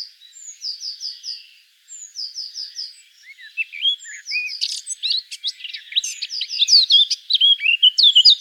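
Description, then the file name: Eurasian blackcap song starting with soft repeated note series, building into a loud, varied warble of sharp chirps and clear whistles. "Sylvia atricapilla"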